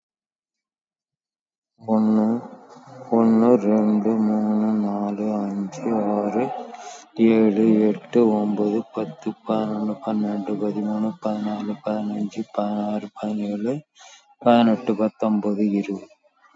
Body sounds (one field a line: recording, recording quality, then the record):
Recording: counting at a normal pace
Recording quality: excellent, no background noise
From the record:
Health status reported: exposed to COVID-19, no respiratory illness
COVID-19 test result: negative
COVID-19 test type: RT-PCR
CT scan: taken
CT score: 7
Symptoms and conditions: cough, sore throat, fatigue, loss of smell and taste, diabetes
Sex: male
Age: 81 years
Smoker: no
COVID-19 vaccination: none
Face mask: worn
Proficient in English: yes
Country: India